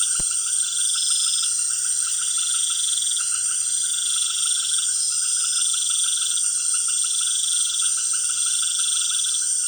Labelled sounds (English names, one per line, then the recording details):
none
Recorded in secondary vegetation near Puerto Asís, Putumayo, Colombia, on 25 June 2025
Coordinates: 0.488, -76.319
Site G094